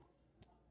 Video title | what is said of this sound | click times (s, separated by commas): The Best John Rambo Figure Ever Made? - Threezero First Blood Unboxing | can hear it click in. | 0.4 s